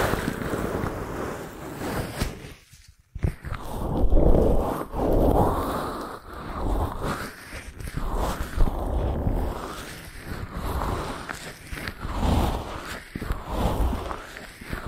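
An ear massage with steady rubbing and brushing, the hands moving in rhythmic swells of soft friction about once a second. The scratchy, zipper-like texture stays dense throughout, broken only by a brief silence near the three-second mark before the strokes resume.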